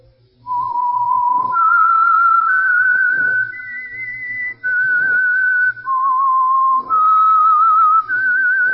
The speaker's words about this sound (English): That whistle is your signal for the Signal Oil Program, The Whistler.